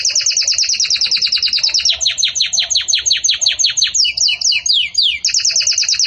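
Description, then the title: Canary song: very fast rattling trill, then slower descending sweeps, a few slurred notes and another rapid trill, continuous throughout. Belgian canary singing in the campainha (bell) style, used to teach song to chicks. "Belíssimo Canto Do Canário Belga Campainha Para Encarte De Filhotes"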